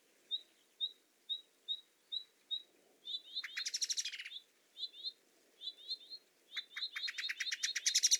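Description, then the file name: Common blackbird giving a steady series of thin, high, short notes, then doubled notes broken by harsh, rattling chatters that grow louder toward the end. "Turdus merula"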